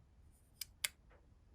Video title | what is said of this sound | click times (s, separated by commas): Schrade - Mini Framelock - | So a lovely little click in place, and what's even better is once you loosen it, | 0.9 s